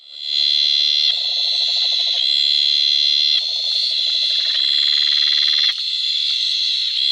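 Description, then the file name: Bleating tree frog calls as a sustained shrill tone with rapid pulsing lower notes, loud and continuous after a quick fade-in. "litoria dentata"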